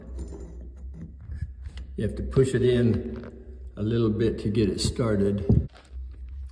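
A metal door knob is lined up on its door handle spindle, which has a retaining spring clip, and pushed on a little to get it started. Someone talks over light handling sounds. The clip has not snapped in and nothing has clicked yet.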